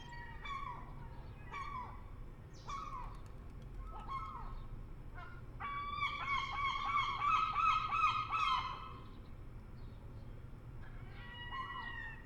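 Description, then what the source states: Herring gull calls: short harmonic yelping notes at irregular intervals, then a louder drawn-out series, then a few more short notes. Adult herring gulls calling.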